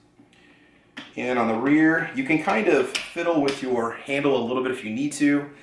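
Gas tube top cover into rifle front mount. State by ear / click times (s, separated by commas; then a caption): seated / 1.0 s. The gas tube top cover of a Norinco SKS Sporter rifle is pushed onto its front mount, and a sharp click at 1.0 s marks it locking into place. After the click, someone talks.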